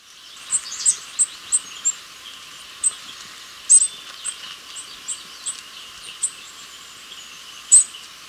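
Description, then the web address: Black-headed hemispingus song, high sharp chips given in an uneven series, some grouped quickly, others spaced by a second or more, over a soft hiss. Recorded in Ecuador. "Birds of Ecuador. Black-Headed Hemispingus"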